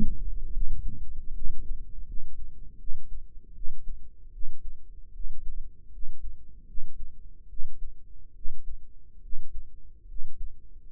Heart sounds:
heart sounds by microphone in the right ear; 75 bpm
0.51 s: heartbeat
1.31 s: heartbeat
2.04 s: heartbeat
2.77 s: heartbeat
3.52 s: heartbeat
4.30 s: heartbeat
5.11 s: heartbeat
5.90 s: heartbeat
6.65 s: heartbeat
7.47 s: heartbeat
8.32 s: heartbeat
9.20 s: heartbeat
10.06 s: heartbeat
10.88 s: heartbeat
From the record:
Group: healthy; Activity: rest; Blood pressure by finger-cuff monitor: 97/64 mmHg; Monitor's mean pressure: 75 mmHg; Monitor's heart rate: 75 bpm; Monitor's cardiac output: 5.7 L/min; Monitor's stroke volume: 74 mL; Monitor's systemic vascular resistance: 940 dyn s/cm5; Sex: female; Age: 22 years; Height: 160 cm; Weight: 45 kg

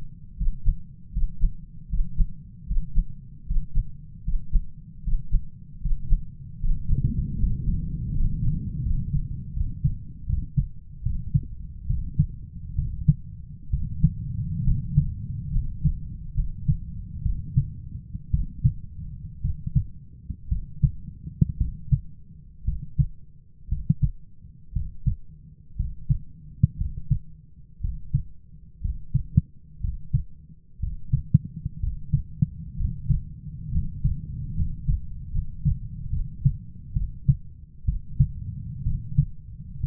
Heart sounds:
heart sounds by stethoscope; 67 bpm
0.36 s: heartbeat
1.11 s: heartbeat
1.88 s: heartbeat
2.66 s: heartbeat
3.45 s: heartbeat
4.23 s: heartbeat
5.02 s: heartbeat
5.80 s: heartbeat
6.59 s: heartbeat
7.36 s: heartbeat
8.11 s: heartbeat
8.82 s: heartbeat
9.53 s: heartbeat
10.26 s: heartbeat
11.02 s: heartbeat
11.86 s: heartbeat
12.75 s: heartbeat
13.70 s: heartbeat
14.63 s: heartbeat
15.51 s: heartbeat
16.34 s: heartbeat
17.22 s: heartbeat
18.31 s: heartbeat
19.41 s: heartbeat
20.49 s: heartbeat
21.58 s: heartbeat
22.65 s: heartbeat
23.69 s: heartbeat
24.73 s: heartbeat
25.76 s: heartbeat
26.77 s: heartbeat
27.80 s: heartbeat
28.81 s: heartbeat
29.80 s: heartbeat
30.79 s: heartbeat
31.79 s: heartbeat
32.76 s: heartbeat
33.71 s: heartbeat
34.54 s: heartbeat
35.31 s: heartbeat
36.10 s: heartbeat
36.93 s: heartbeat
37.85 s: heartbeat
38.83 s: heartbeat
39.80 s: heartbeat
From the record:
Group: healthy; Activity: breath hold 0-6 s, rest 6-40 s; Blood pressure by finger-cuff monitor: 120/76 mmHg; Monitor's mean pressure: 87 mmHg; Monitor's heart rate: 65 bpm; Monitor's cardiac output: 7 L/min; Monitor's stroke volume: 102 mL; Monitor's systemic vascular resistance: 940 dyn s/cm5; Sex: male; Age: 23 years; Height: 178 cm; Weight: 96.6 kg

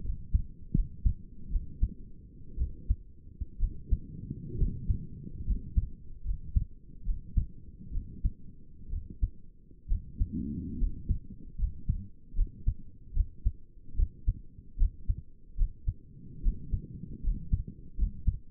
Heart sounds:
heart sounds by stethoscope; 70 bpm
0.05 s: heartbeat
0.76 s: heartbeat
1.52 s: heartbeat
2.59 s: heartbeat
3.61 s: heartbeat
4.60 s: heartbeat
5.47 s: heartbeat
6.26 s: heartbeat
7.06 s: heartbeat
7.93 s: heartbeat
8.92 s: heartbeat
9.90 s: heartbeat
10.80 s: heartbeat
11.59 s: heartbeat
12.37 s: heartbeat
13.15 s: heartbeat
13.98 s: heartbeat
14.80 s: heartbeat
15.59 s: heartbeat
16.44 s: heartbeat
17.24 s: heartbeat
17.99 s: heartbeat
From the record:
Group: healthy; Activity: rest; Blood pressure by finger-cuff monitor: 102/60 mmHg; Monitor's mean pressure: 73 mmHg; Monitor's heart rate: 72 bpm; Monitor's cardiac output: 6.8 L/min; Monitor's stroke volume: 100 mL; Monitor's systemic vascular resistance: 780 dyn s/cm5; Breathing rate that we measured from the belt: 10 breaths a minute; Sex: male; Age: 22 years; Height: 181 cm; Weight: 79 kg

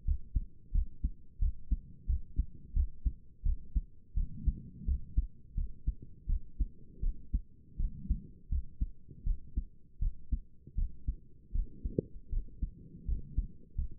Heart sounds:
heart sounds by stethoscope; 83 bpm
0.05 s: heartbeat
0.72 s: heartbeat
1.40 s: heartbeat
2.07 s: heartbeat
2.74 s: heartbeat
3.44 s: heartbeat
4.15 s: heartbeat
4.86 s: heartbeat
5.55 s: heartbeat
6.27 s: heartbeat
7.01 s: heartbeat
7.78 s: heartbeat
8.50 s: heartbeat
9.25 s: heartbeat
10.00 s: heartbeat
10.76 s: heartbeat
11.53 s: heartbeat
12.30 s: heartbeat
13.06 s: heartbeat
13.76 s: heartbeat
From the record:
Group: healthy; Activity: rest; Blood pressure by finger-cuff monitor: 92/60 mmHg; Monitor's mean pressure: 71 mmHg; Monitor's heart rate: 84 bpm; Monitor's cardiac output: 6.7 L/min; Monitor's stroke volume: 78 mL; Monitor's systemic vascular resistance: 770 dyn s/cm5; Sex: female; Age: 22 years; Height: 163 cm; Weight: 67.1 kg

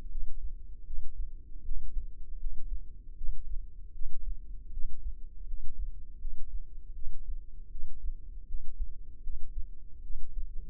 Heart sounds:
heart sounds by microphone in the left ear; 79 bpm
0.09 s: heartbeat
0.85 s: heartbeat
1.63 s: heartbeat
2.38 s: heartbeat
3.15 s: heartbeat
3.92 s: heartbeat
4.71 s: heartbeat
5.46 s: heartbeat
6.19 s: heartbeat
6.93 s: heartbeat
7.69 s: heartbeat
8.46 s: heartbeat
9.21 s: heartbeat
10.01 s: heartbeat
From the record:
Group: healthy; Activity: rest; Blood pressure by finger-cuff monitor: 93/60 mmHg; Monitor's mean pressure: 69 mmHg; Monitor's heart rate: 79 bpm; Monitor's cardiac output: 6.2 L/min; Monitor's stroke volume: 80 mL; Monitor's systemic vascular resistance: 780 dyn s/cm5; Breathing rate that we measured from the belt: 19 breaths a minute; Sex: female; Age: 19 years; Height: 163 cm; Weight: 48.9 kg

